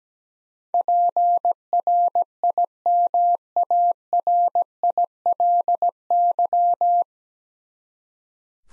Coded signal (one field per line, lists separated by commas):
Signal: Morse code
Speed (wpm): 17 wpm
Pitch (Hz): 700 Hz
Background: none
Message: PRIMARILY